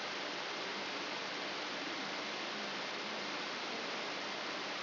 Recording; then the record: brain microelectrode recording played as sound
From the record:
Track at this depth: inside the subthalamic nucleus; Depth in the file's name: 5.101 mm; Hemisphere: left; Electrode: 3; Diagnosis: Parkinson's disease